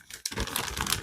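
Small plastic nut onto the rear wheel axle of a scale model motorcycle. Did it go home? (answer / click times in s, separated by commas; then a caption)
no / none. A small plastic nut is handled near the rear wheel axle of a 1/12 scale Tamiya Ducati 916 plastic model motorcycle kit, using the small tool supplied with the kit. A sharp tap at about 0.3 s is followed by light crinkling and small ticks. Nothing has seated or clicked yet.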